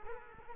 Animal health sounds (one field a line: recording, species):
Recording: mosquito wingbeat signal from an infrared sensor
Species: Culex quinquefasciatus